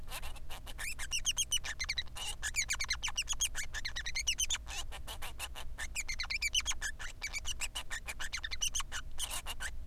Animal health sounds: song of a male Bengalese finch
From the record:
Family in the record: son of father 3

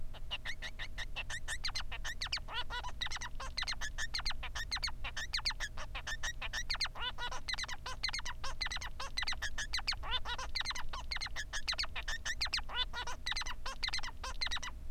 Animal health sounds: song of a male Bengalese finch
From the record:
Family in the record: son of father 3

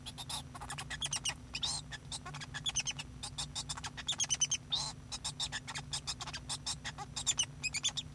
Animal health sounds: song of a male Bengalese finch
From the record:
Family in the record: son of father 2

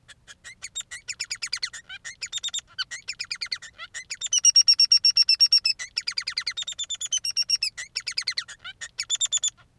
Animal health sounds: song of a male Bengalese finch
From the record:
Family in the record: son of father 3

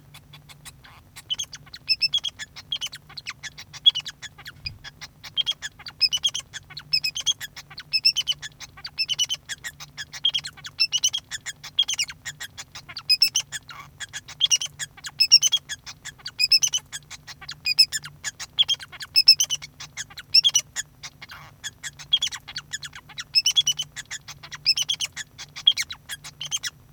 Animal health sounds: song of a male Bengalese finch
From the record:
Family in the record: son of father 2

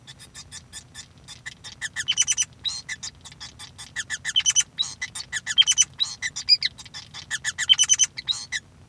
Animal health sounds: song of a male Bengalese finch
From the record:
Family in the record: son of father 5

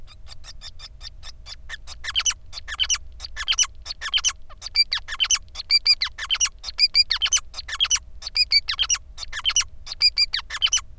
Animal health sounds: song of a male Bengalese finch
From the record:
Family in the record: son of father 5

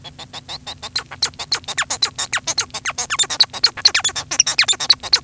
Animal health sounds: song of a male Bengalese finch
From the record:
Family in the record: son of father 1

